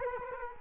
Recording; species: mosquito wingbeat signal from an infrared sensor; Culex quinquefasciatus